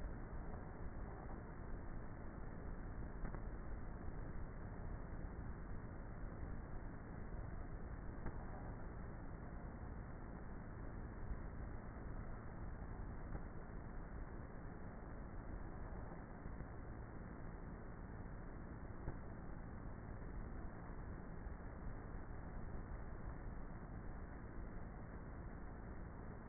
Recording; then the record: honeybee colony, microphone inside the hive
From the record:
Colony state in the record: queenless with a low population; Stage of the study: before two queens were removed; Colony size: about 30,000 bees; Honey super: no